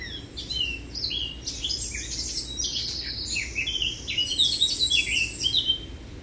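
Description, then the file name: Eurasian blackcap song: a continuous, rapid run of varied high warbled and chattering notes, mixing short buzzy phrases with clearer whistles, over faint steady background noise. "Sylvia atricapilla"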